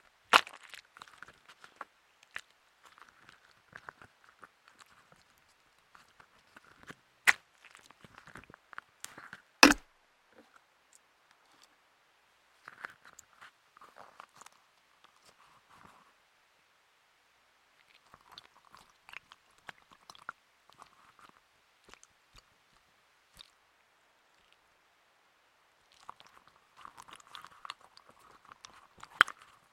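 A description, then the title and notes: Quiet handling sounds from making homemade stress balls: soft squishing, crinkling and small clicks come in scattered bursts with pauses between them. A few sharper snaps stand out, the loudest near ten seconds and another at the very end. Making Squoosh-os DIY Stress Balls (No Talking ASMR Quiet Play).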